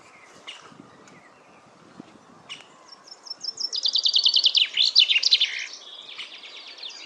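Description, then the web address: Common chaffinch song: a bright descending run of rapid notes that closes with a flourish, after a few scattered high chirps, followed by fainter trilling. "Deverinetal 2025 File origin Bird Only Fr Co"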